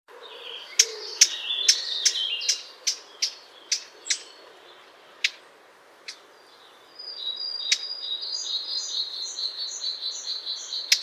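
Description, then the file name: Eurasian blackcap giving sharp, hard tac clicks, rapidly repeated for a few seconds, then scattered single clicks while other birds sing high, thin twittering phrases. "Sylvia atricapilla"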